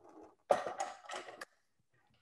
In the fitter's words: but when you have the the telescope sitting on the mount properly it almost has kind of a click that you hear and feel to it that lets you know it's there